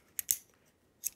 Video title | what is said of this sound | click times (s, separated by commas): Vogelsang ExaCut ECQ - Tensioning Eccentrics | you hear the latch that's | 0.3 s